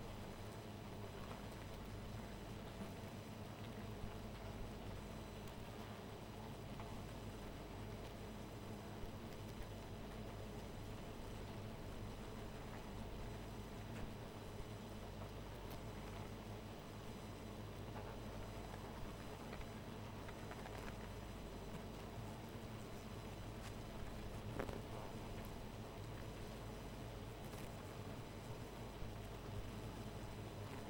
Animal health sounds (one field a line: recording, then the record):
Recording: honeybee colony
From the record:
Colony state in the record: missing queen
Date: 14 July 2017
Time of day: 2:42